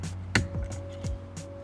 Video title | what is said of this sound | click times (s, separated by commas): Ford Focus Interior LED Kit Installation - 3rd/4th Gen - 2016+ | counterclockwise until it locks into place | 0.3 s